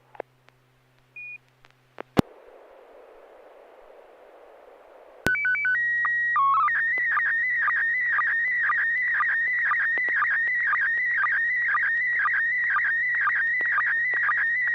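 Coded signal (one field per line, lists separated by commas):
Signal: SSTV (slow-scan television)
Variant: PD120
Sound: brief hiss, a short header tone, then a warbling scanning tone with steady rhythmic ticks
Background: FM radio hiss, low hum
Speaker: I'll turn it over to you and see if you have something ready to send uh go ahead over okay this is pd120 n6 pgq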